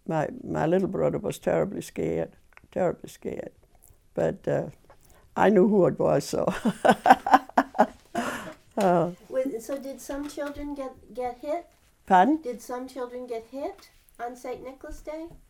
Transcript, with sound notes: my little brother was terribly scared, terribly scared, but I knew who it was so. (laugh)
So did some children get hit?
Pardon?
Did some children get hit on Saint Nicolas Day?